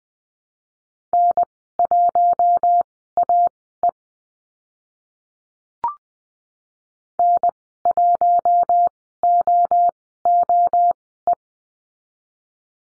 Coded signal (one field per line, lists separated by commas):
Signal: Morse code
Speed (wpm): 20 wpm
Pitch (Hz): 700 Hz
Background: none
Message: N1AE N1OOE